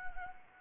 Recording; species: mosquito wingbeat signal from an infrared sensor; Anopheles arabiensis